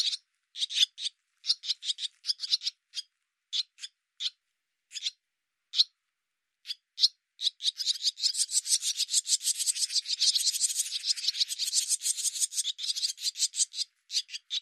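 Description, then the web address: Barn swallow, spaced rasping chirps, then a long, dense rattling chatter of rapid buzzy notes through the latter half. "Deverinetal Bird Hi Ru"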